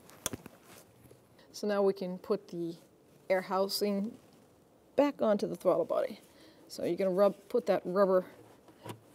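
An electrical wiring harness connector is pushed onto the new idle air control valve on the throttle body of a 1999-2004 Jeep Grand Cherokee, giving a single sharp click at 0.3 s as it seats. Someone then talks for the rest of the clip.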